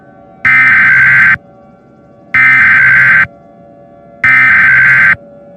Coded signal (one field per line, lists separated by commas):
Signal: Emergency Alert System (SAME) tones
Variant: header bursts